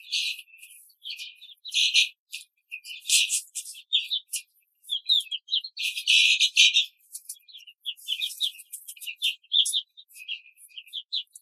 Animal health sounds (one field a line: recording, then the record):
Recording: young laying hens in a cage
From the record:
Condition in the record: control cage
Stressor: none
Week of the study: 5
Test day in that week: 1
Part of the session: 4